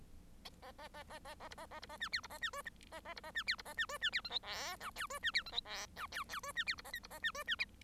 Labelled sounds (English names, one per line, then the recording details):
Bengalese Finch song
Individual Bird1